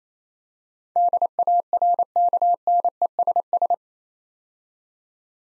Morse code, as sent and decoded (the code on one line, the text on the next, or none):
-.. .- .-. -.- -. . ... ...
DARKNESS